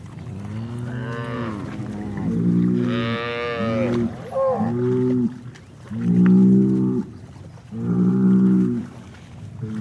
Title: Eco-Moo-tion: The Ecological Soundscape of Cow Conversations